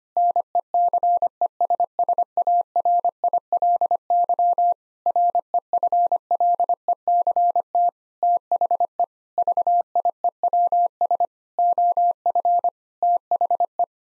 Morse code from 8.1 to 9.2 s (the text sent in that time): THE